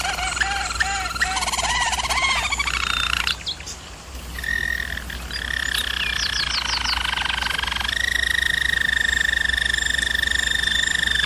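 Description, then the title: Canary: rhythmic bubbling notes, a quieter pause, rising slurred notes, then a long steady rolled trill continuing to the close over soft hum. Canary singing, for canary training. "German Roller Canary Singing - Canary Training Vid"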